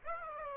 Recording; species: mosquito wingbeat signal from an infrared sensor; Aedes aegypti